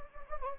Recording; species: mosquito wingbeat signal from an infrared sensor; Anopheles gambiae